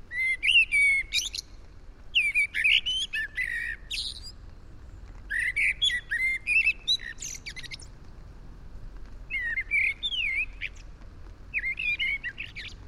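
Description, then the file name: Common blackbird song: varied fluty warbled phrases with high scratchy twitters, delivered in bursts with brief gaps, over a faint low rumble. "Turdus merula"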